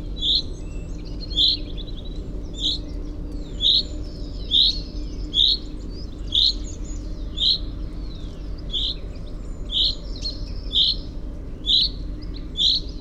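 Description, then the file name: Common chaffinch giving a steady series of short, bright metallic call notes, about one per second, with a faint low hum behind. "Fringilla coelebs"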